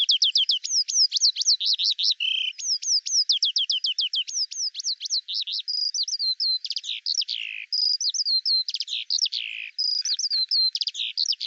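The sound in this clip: Eurasian skylark song: fast repeated chirps at first, then varied warbled phrases and trills, pouring on unbroken for the whole stretch.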